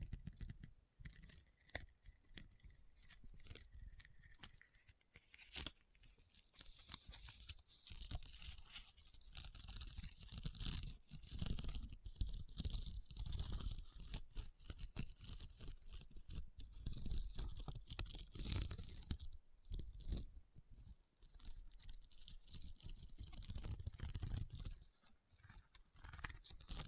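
Rhinestones being tapped and scratched in a dense, nearly continuous run of small crisp clicks and scrapes with a bright, glittery edge. Soft low thumps sit beneath the clicking, which thickens and thins unevenly, with short pauses around ten and twenty seconds.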